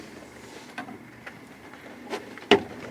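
An LED bulb carrier is pushed into its indicator lamp housing on an LMTV truck, with a few faint fumbling taps before one sharp, loud snap at 2.5 s. The carrier clicks and is confirmed seated in the housing.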